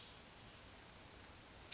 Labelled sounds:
Western Tanager (Piranga ludoviciana)

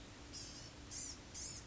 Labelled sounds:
Blue-gray Gnatcatcher (Polioptila caerulea)

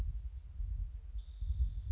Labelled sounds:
Spotted Towhee (Pipilo maculatus)

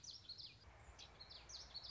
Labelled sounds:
Common Yellowthroat (Geothlypis trichas)

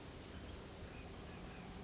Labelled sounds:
Chestnut-backed Chickadee (Poecile rufescens)

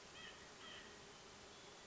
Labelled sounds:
White-breasted Nuthatch (Sitta carolinensis)

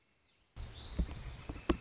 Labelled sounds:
Northern Flicker (Colaptes auratus)

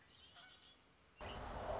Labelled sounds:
Red-winged Blackbird (Agelaius phoeniceus)

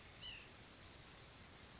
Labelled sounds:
White-breasted Nuthatch (Sitta carolinensis)

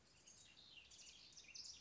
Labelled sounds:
House Wren (Troglodytes aedon)

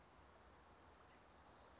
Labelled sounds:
California Towhee (Melozone crissalis)

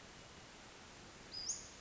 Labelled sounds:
Western Flycatcher (Empidonax difficilis)

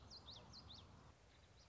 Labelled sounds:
Common Yellowthroat (Geothlypis trichas)

